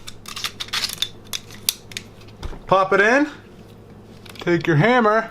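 An empty metal magazine is pushed into the grip of a Ruger Mark IV Standard pistol during a trigger install, with small handling clicks before it latches with a sharp click at 1.7 s. The magazine is seated, and afterward someone talks.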